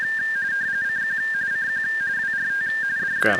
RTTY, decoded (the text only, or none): CQ CQ WRT DE